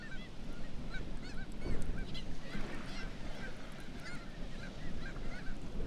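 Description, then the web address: Black-legged kittiwakes calling in a crowd, softer overlapping nasal notes rising and falling, heavy low rumble filling the background. "Black legged kittiwake. دانلود-صدای-پرنده-کاکایی-پاسیاه"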